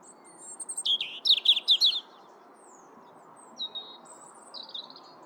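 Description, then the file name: European robin song: a quick phrase of high twittering notes and trills, then a few thin, faint whistles spaced apart. "Erithacus rubecula"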